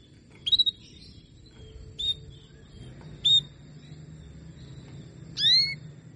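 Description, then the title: Canary calls, a quick stuttered chirp, two short sharp notes, then a longer rising sweep at the end, over a low hum. Female canary sounds, Belgian canary, played to stimulate and warm up lazy males so they sing frequently. "Canto Para Esquentar Canário Belga. SUARA KENARI BETINA AMPUH memancing jantan malas bunyi kenari paud jadi gacor"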